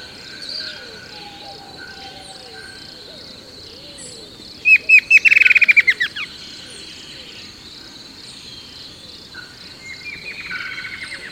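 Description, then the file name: Bird giving a quick accelerating burst of clipped notes near the middle, with a softer rattling series later, while low curving calls and steady insect hiss continue throughout. "SABIOD 50 bird 2015"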